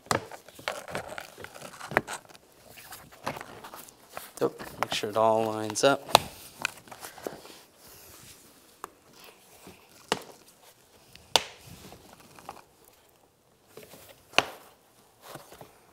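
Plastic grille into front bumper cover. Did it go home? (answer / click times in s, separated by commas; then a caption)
yes / 8.8 s, 10.1 s, 11.4 s, 14.4 s. A plastic bumper-mounted grille on a 2014-2019 Toyota Corolla is lined up and pressed by hand into the front bumper cover while someone talks. Its plastic clips snap in with sharp clicks at 8.8, 10.1, 11.4 and 14.4 seconds, and the grille is fully seated.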